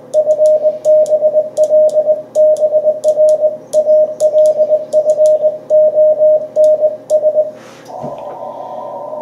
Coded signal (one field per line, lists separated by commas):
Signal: Morse code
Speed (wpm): 21 wpm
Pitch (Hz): 620 Hz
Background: radio noise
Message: FB LBR ALFONS